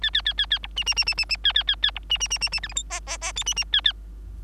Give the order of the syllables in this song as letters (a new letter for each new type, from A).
A A A A A B C C C C C C A A A A B C C C C C D E F G G G H C C A A